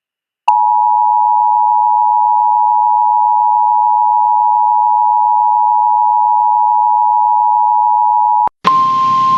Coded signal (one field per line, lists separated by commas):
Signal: Emergency Alert System (SAME) tones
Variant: 853 and 960 Hz attention tone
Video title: US Emergency Alert Systems 2026 (part 5)